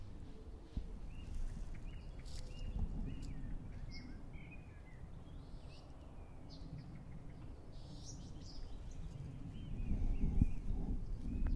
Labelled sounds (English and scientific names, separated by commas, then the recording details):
Yellowhammer (Emberiza citrinella)
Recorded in the wild
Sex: male
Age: adult
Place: Hobrechtsfelder Rieselfelder, Naturpark Barnim, Berlin, DE
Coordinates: 52.6686, 13.4719
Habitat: open country
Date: 2012-04-25 19:51
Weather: 10°C, sunny, weak winds
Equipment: Sound Devices 702, Sennheiser MKH 415 T, Rhode Windschutz
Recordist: Frommolt, Karl-Heinz